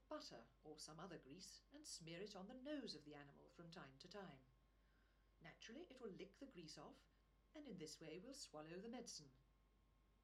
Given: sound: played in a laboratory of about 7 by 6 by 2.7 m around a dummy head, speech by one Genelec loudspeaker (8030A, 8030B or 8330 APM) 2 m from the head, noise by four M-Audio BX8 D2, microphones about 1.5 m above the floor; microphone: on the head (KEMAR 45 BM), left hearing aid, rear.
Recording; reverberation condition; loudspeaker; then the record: female speech in English; low; 120 degrees to the left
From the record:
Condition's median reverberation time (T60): about 310 ms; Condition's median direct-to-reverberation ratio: about 3.5 dB